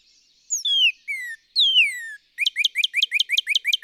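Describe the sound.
Northern cardinal song: a few long falling whistles followed by a fast, even series of short sharp chirping notes.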